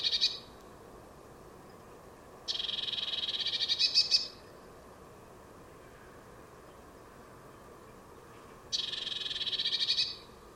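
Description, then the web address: Bird churrs three times, each a buzzy, quickly pulsed burst under two seconds, separated by gaps of several seconds. "Deverinetal 2025 File origin Bird Only Cy Ca"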